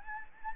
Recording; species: mosquito wingbeat signal from an infrared sensor; Anopheles gambiae